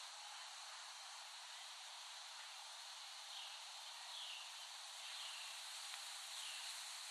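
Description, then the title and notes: Cicadas droning softly and steadily, while short falling chirps repeat about once a second over the buzz in the later half. Several cicadas recorded by Dan Bodah in West Brighton, Staten Island, in late summer 2008. "Recording of cicadas made by Dan Bodah in West Brighton, Staten Island, late summer 2008."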